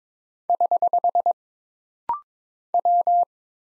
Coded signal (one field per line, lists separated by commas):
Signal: Morse code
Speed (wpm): 22 wpm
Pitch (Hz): 700 Hz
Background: none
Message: <HH> W